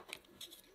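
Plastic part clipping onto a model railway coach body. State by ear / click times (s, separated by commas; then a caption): not seated / none. A plastic part is pressed onto the body of a Hornby OO gauge 4-wheel model railway coach during restoration. Only light, brief handling ticks and rustling are heard, with a short sharp tick near 0.1 s and softer scraping around 0.4 to 0.6 s. The part has not clipped on or seated yet.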